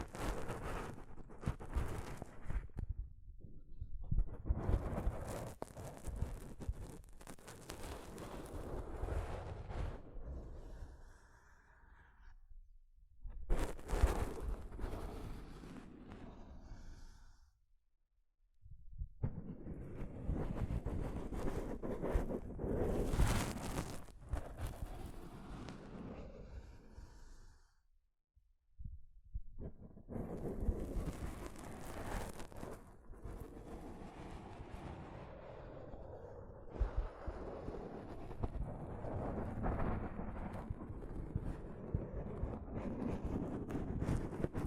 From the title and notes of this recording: ASMR Mic Brushing using Soft Fabric (No Talking).